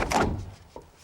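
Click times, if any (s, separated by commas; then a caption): 0.1 s. A modular building wall panel, slid along the base channel next to the corner panel, is given a quick sharp push so it snaps and locks into the neighboring corner panel. A loud thunk-like snap lands at 0.1 s and fades out, followed by a much fainter knock at about 0.8 s. The panel is seated and locked in place.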